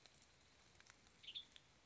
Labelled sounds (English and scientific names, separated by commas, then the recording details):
Western Tanager (Piranga ludoviciana)
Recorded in Sonoma County, California